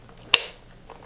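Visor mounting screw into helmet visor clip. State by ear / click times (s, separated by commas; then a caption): seated / 0.3 s. A visor mounting screw on a SHOC 2.0 Lightning football visor is pushed further into the plastic helmet visor clip. It gives a single sharp click at 0.3 s, with fainter ticks before and after. The visor seats a further notch in the clip.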